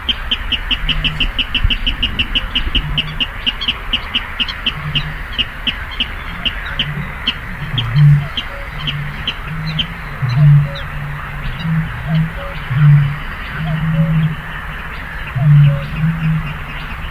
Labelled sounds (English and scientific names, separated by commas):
Water Rail (Rallus aquaticus)